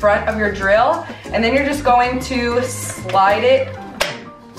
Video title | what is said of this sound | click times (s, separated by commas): How to Use a Drill - Using Tools 101 for Beginners - Cordless Power Drill | it clicks and your battery is in and ready to go that's how you know | 4.0 s